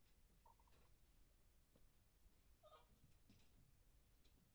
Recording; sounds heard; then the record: poultry house recording; healthy chickens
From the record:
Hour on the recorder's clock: 0